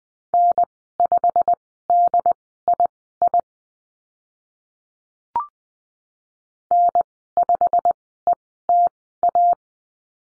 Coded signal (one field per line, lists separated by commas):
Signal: Morse code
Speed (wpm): 20 wpm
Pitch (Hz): 700 Hz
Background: none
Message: N5DII N5ETA